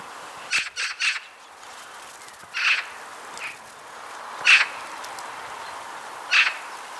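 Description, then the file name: Eurasian magpie opening with a quick burst of three harsh notes, then several spaced single rasping calls. "Pica pica"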